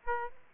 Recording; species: mosquito wingbeat signal from an infrared sensor; Aedes aegypti